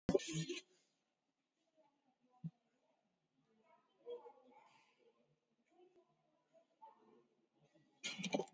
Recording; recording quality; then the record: deep breathing; poor, much background noise or distortion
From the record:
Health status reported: exposed to COVID-19, no respiratory illness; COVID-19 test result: negative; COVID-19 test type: RT-PCR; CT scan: taken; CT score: 8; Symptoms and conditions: cough, cold, breathing difficulty, sore throat, fatigue, loss of smell and taste, diarrhoea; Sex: female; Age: 38 years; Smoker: no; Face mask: worn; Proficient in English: yes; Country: India